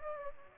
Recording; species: mosquito wingbeat signal from an infrared sensor; Aedes aegypti